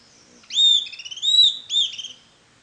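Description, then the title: Bird song of three high whistled slurs, each followed by a rapid series of bead-like notes, the last phrase shorter and softer. "LuckyPassaro Completos2Sama"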